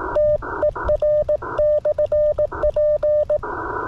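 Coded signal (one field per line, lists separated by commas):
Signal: Morse code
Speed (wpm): 18 wpm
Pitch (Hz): 600 Hz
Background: none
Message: TER/P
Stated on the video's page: Portable Remembrance Day Contest CW at 18 WPM, Icom IC-705 on battery, twin paddle key, EFHW antenna; exchange of report and years licensed.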